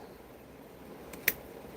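Plastic misting tubing is pushed onto its push fitting over a low steady background hum. A faint tick sounds at 1.1 s, then a loud, sharp snap at 1.3 s as the tube seats on the fitting.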